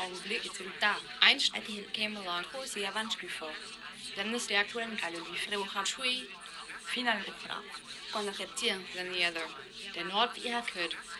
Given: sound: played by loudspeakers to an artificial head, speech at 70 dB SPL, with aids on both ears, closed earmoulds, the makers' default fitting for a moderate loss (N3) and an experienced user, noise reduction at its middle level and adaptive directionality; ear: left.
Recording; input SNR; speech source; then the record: speech test signal (ISTS) in cocktail-party noise; +3 dB; in front (0 degrees)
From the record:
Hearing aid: class 1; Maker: E